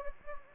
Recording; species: mosquito wingbeat signal from an infrared sensor; Anopheles gambiae